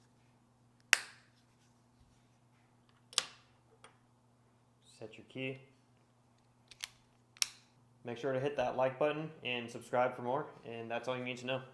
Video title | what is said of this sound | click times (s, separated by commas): 2019-2021 GMC Sierra Chevy Silverado Key Fob Battery Replacement | and just press it till it all snaps in place | 0.9 s